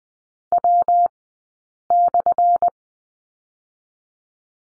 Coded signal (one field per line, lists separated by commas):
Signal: Morse code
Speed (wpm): 20 wpm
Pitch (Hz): 700 Hz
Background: none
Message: W/